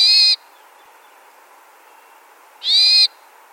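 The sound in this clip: Hermit thrush calls: two brief, harsh, buzzy notes about two and a half seconds apart, with a quiet background between them.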